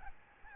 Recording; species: mosquito wingbeat signal from an infrared sensor; Aedes albopictus